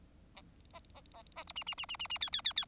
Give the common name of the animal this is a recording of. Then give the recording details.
Bengalese Finch. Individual Bird4